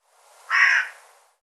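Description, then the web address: A bird utters a single harsh, rasping caw. "cianscape birddata Deverinetal 2025 File cleaned normalized Bird"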